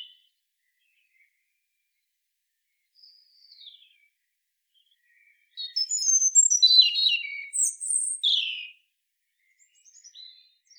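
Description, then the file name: European robin song, a few soft high notes, then a three-second phrase of tumbling thin whistles and trills, followed by faint notes. "Erithacus rubecula"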